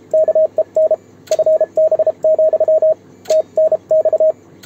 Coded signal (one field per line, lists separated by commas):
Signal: Morse code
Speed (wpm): 32 wpm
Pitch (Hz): 630 Hz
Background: radio noise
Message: KEN FB, TNX